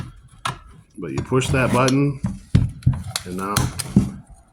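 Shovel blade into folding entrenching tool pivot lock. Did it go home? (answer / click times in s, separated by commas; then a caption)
no / none. Someone talks while handling a West German folding entrenching tool, pressing the release button to free the steel shovel blade at its square-shaped pivot and spring lock. Sharp metallic handling taps are heard around 0.5, 2.6, 2.8, 3.2 and 4.0 seconds. Nothing has seated or clicked yet; the clip ends before the blade locks into position.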